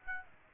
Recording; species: mosquito wingbeat signal from an infrared sensor; Aedes aegypti